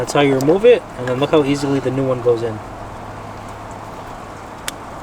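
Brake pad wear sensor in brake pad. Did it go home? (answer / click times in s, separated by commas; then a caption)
yes / 4.7 s. A new plastic brake pad wear sensor is pushed into the socket of a new brake pad. Someone talks for about the first 2.5 seconds, then it is quiet until the sensor snaps into the pad with a sharp click at 4.7 s. The sensor is seated, going in easily as it is supposed to.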